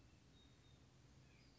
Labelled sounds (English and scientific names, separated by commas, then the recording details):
Western Flycatcher (Empidonax difficilis)
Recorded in Sonoma County, California